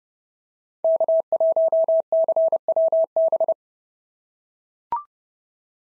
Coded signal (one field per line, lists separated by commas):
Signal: Morse code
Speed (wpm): 30 wpm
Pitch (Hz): 650 Hz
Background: none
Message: K1CWB